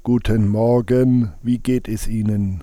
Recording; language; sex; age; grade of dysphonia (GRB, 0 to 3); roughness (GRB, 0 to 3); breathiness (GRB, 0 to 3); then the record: spoken sentence; German; male; 60 to 69 years; 2; 0; 2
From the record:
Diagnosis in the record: recurrent laryngeal nerve paralysis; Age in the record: 61 years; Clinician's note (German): Links, Zustand danach, vollkommene restitutio ad integrum